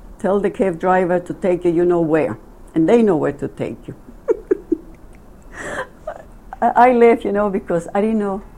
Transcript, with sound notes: Tell the cab driver to take you, you know where, and they know where to take you.. (laughing) I laugh you know, because I didn't know.